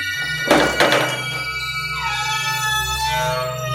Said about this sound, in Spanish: Ay, ¿qué fue ese ruido? ¿Qué fue ese ruido? Parecía como que se abrió una puerta. ¿Qué es eso? ¿Quién está ahí? ¿Y cómo se abrió la puerta sola?